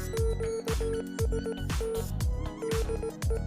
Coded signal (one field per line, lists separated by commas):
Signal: Morse code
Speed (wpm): 18 wpm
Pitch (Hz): 450 Hz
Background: music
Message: QST DE